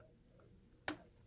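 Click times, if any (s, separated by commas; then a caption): 0.9 s. A small clip piece on a plastic toy brick model of the 2020 LEGO Star Wars General Grievous Starfighter, set 75286, is pushed on and clicks into place. A single sharp, bright click is heard at 0.9 s against a quiet background, and the clip is seated.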